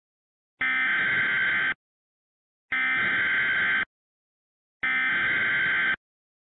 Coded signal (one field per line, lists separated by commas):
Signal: Emergency Alert System (SAME) tones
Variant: header bursts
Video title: (EAS Scenario) Minneapolis Massacre Redux